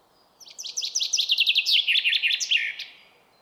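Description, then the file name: Common chaffinch delivering a single rattling song phrase, fast repeated notes sliding lower through the trill and ending in a loud, accented flourish. "Fringilla coelebs"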